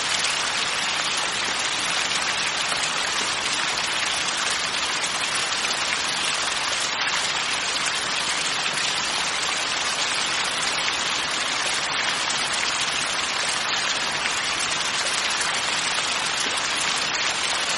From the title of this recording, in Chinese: 雷雨声